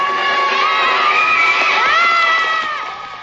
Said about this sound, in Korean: 아이들의 환호는 그치질 않습니다.